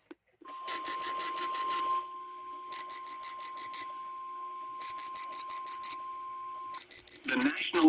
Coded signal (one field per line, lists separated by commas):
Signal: Emergency Alert System (SAME) tones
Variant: 1050 Hz attention tone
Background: speech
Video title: LAST ONE OF APRIL! NOAA Weather Radio EAS: Required Weekly Test (EAS #753)